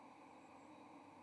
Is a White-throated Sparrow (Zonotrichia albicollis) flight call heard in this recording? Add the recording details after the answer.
no. No flight call is heard. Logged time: 11:06 on 30 October 2014